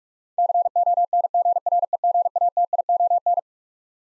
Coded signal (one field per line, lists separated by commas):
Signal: Morse code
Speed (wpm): 43 wpm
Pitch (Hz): 700 Hz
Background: none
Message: CONGREGATION